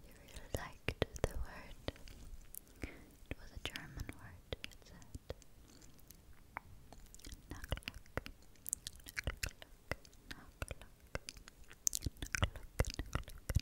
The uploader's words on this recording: ASMR Tingly Hand Movements And Mouth Sounds (tongue clicking, SkSk, trigger words).